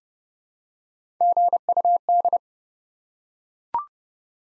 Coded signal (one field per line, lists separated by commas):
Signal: Morse code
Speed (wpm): 30 wpm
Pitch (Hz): 700 Hz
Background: none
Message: GUD